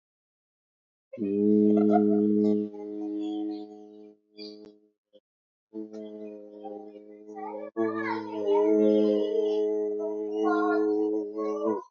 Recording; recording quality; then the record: sustained vowel as in boot; excellent, no background noise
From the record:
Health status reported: healthy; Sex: male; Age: 44 years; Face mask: not worn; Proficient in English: yes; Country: India